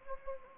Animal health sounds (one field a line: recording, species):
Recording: mosquito wingbeat signal from an infrared sensor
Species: Anopheles gambiae